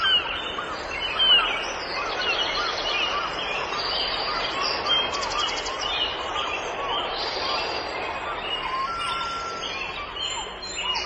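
Birdsong over the sound of the sea: a dense, steady wash with many overlapping chirps and tweets throughout. The level stays fairly even, with a brief swell just after the first second and a clear, held whistle-like call near the ninth second.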